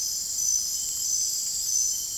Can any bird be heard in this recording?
no